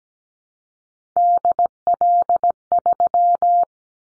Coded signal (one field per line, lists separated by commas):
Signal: Morse code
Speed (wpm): 17 wpm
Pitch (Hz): 700 Hz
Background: none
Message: DL3